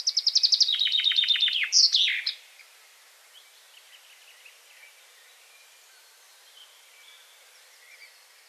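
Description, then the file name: Common chaffinch song: rapid descending trill of repeated notes closing with an emphatic flourish, followed by several seconds of faint bird calls. "Fringilla coelebs"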